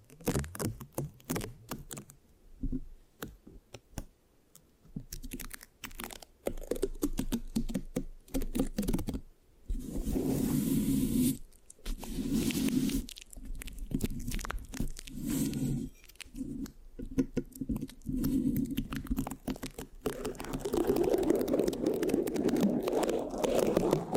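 Mic scratching with sticky, tapping textures: quick irregular clicks early, then denser low rubbing bursts around ten seconds and steady scratching toward the end.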